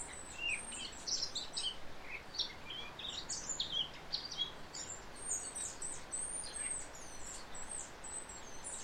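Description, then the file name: Eurasian blackcap song, a varied run of high chirps and thin whistles throughout. "Sylvia atricapilla"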